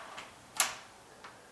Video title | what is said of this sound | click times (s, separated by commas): How to Install a Deadbolt/is it Really Installed Properly?...Part 2 | it's clicking closed all the way now okay | 0.6 s